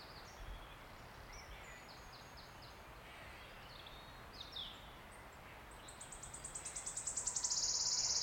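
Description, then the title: Wood warbler singing. Sharp repeated notes quicken and build into a bright metallic trill near the end, after varied songs from other woodland birds. Male singing from oak canopy in an ancient oak wood on a steep-sided wooded valley in South Wales, in May, just after the rain stopped. "Sound Escape 16: listen to the cascade of wood warbler song in an ancient oak wood"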